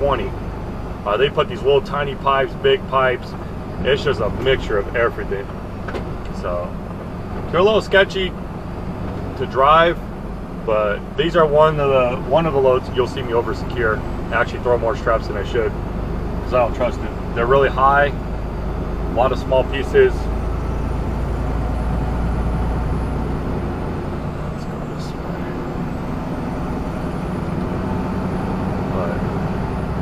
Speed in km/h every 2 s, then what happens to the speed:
52, 52, 50, 50, 48, 48, 48, 48, 48, 52, 55, 58, 60, 61, 61.
0-16 steady at about 48. 16-30 speeds up to 61.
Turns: none.